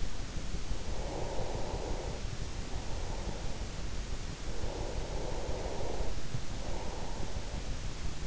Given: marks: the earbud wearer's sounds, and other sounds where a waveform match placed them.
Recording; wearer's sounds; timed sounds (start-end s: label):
sounds in sleep by an in-ear microphone; breath
0.83-3.96 s: breath
4.43-8.27 s: breath